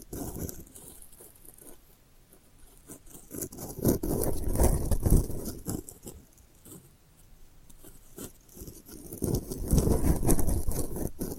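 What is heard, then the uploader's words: Delicate scratching made of dense, rapid little scrapes and taps, rising in two busier bursts around four to five seconds and again near ten seconds. Between them the scratching thins to a quieter, sparser patter with a faint hiss. ASMR Delicate Scratching for Sleep (No Talking).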